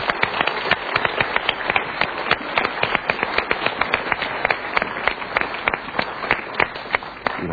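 An audience applauds steadily, many hands clapping in a dense, continuous patter with sharp individual claps popping out throughout, sustained at an even, fairly loud level with no speech.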